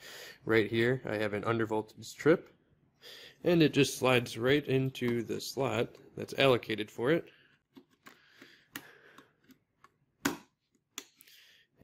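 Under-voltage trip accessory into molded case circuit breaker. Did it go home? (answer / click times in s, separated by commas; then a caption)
yes / 10.3 s. Someone talks while an under-voltage trip accessory is slid into its slot inside an LS Electric molded case circuit breaker, followed by a few faint handling taps. A sharp click at 10.3 s marks it snapping in as the retaining tab catches it, and the accessory is seated.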